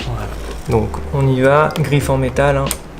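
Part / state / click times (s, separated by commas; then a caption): speedlight flash foot into camera hot shoe / not seated / none. A Godox V1C speedlight flash's metal foot is handled toward a camera hot shoe with its quick-release lock while someone talks throughout. The part has not gone home yet, and nothing has seated or clicked.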